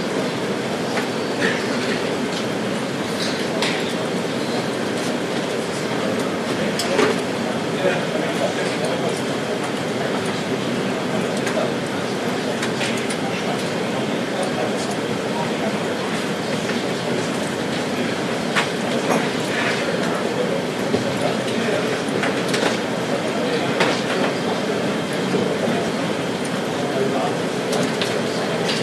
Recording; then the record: background sound without coughing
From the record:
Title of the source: Office Sounds Ambience - Background Noise for Study and Work